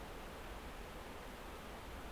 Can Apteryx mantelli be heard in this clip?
no